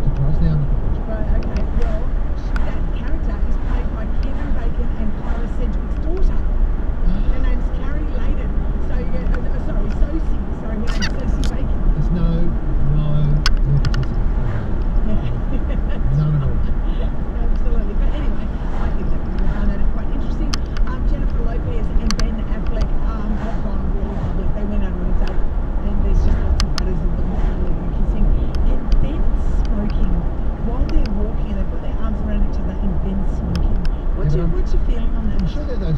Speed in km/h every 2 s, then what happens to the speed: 80, 77, 77, 80, 78, 83, 84, 79, 79, 79, 81, 78, 77, 77, 77, 76, 76, 77.
0-36 steady at about 78.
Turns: none.